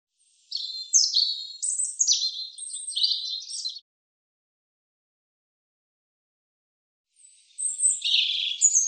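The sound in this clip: European robin singing: a three-second phrase of high, thin whistles and quick liquid trills, then a pause and the start of another varied, sparkling phrase.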